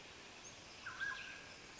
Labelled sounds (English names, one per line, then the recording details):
Mountain Quail
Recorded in Sonoma County, California